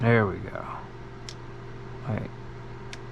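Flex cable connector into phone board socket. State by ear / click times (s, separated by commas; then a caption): seated / 2.9 s. A flex cable connector is pressed into its socket on a phone's logic board. Someone talks at the start, then a short, sharp click is heard at 2.9 s as the connector seats. The connector is confirmed seated.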